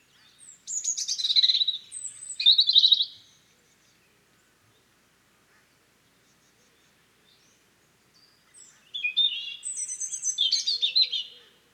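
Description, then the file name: European robin song: two bursts of high, thin, tinkling warbled phrases, each about two and a half seconds long, separated by roughly six seconds of silence. "Erithacus rubecula"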